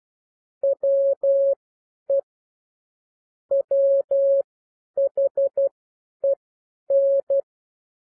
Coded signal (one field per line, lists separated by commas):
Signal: Morse code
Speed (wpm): 12 wpm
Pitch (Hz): 550 Hz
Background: none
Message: WE WHEN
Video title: Improve Your Morse Code 9-12 WPM - 12-12 WPM